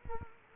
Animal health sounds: mosquito wingbeat signal from an infrared sensor; Culex quinquefasciatus

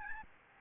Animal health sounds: mosquito wingbeat signal from an infrared sensor; Aedes albopictus

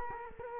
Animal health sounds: mosquito wingbeat signal from an infrared sensor; Culex quinquefasciatus

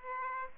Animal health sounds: mosquito wingbeat signal from an infrared sensor; Aedes aegypti

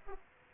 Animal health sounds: mosquito wingbeat signal from an infrared sensor; Aedes aegypti

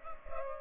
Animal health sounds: mosquito wingbeat signal from an infrared sensor; Culex pipiens

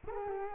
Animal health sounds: mosquito wingbeat signal from an infrared sensor; Culex quinquefasciatus

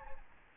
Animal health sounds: mosquito wingbeat signal from an infrared sensor; Aedes albopictus

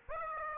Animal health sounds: mosquito wingbeat signal from an infrared sensor; Aedes aegypti

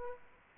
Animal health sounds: mosquito wingbeat signal from an infrared sensor; Aedes aegypti

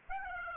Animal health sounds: mosquito wingbeat signal from an infrared sensor; Aedes aegypti

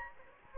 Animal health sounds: mosquito wingbeat signal from an infrared sensor; Anopheles gambiae

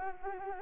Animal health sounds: mosquito wingbeat signal from an infrared sensor; Anopheles arabiensis

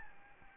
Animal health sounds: mosquito wingbeat signal from an infrared sensor; Aedes albopictus

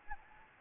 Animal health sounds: mosquito wingbeat signal from an infrared sensor; Anopheles gambiae

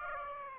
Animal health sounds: mosquito wingbeat signal from an infrared sensor; Aedes aegypti

